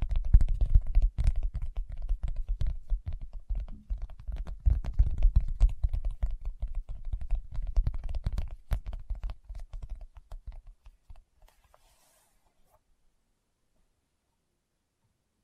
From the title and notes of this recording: ASMR Tapping with Fingertips (No Talking).